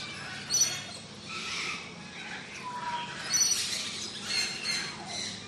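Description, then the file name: Parrots and parakeets giving sporadic squawks and thin chirps, fairly subdued, over a constant low engine hum. Mixed parrots, parakeets and other birds in a large tropical aviary; lawn mower running in the distance. "zapsplat animals birds tropical large avery amb parrots parakeets"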